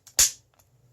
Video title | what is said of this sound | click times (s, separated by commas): SW SD40VE AND SD9VE. ARE THEY INTERCHANGABLE?? | locks into place. | 0.2 s